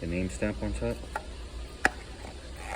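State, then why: Seated. During a Land Rover Discovery and Range Rover oil change, someone talks while a new paper oil filter element, name stamp on top, is pushed by hand into the plastic oil filter housing cap. It snaps in with a single sharp click at 1.9 s, and the element is confirmed seated in the cap.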